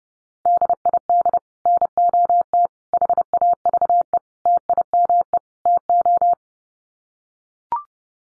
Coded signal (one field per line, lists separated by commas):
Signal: Morse code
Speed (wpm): 28 wpm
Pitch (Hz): 700 Hz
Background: none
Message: DID NOT HAVE TIME TO